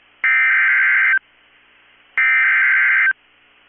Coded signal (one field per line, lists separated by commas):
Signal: Emergency Alert System (SAME) tones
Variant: header bursts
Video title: 5/9/22 - Severe Thunderstorm Warning on KEC65 (EAS #466)